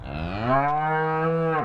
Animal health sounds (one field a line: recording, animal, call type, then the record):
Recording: contact call of a hoofed animal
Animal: cattle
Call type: low-frequency (closed-mouth) or high-frequency (open-mouth) call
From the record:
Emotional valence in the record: negative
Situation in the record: full separation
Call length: 1.66 s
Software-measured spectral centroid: 1080 Hz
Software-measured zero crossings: 1490 a second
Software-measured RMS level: -24 dBFS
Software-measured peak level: -9 dBFS